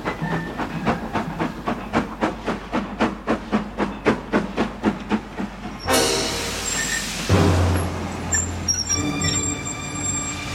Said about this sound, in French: Il est un peu plus de 19h30 lorsque le train omnibus Périgueux-Bordeaux entre en gare de Neuvic-sur-l'Isle. La puissante locomotive arrive au ralenti, puis s'immobilise le long du quai, comme prévu.